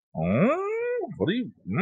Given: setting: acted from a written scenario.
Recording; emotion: vocal sound without words; confusion